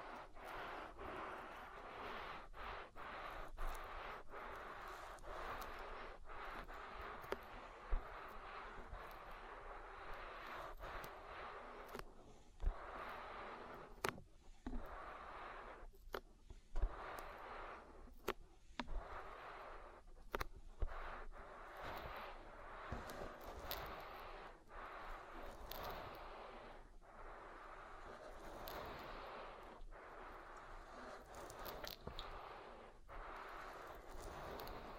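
An oily ear massage: steady rubbing and squelching under a low rumble, broken by frequent sharp clicks and pops throughout.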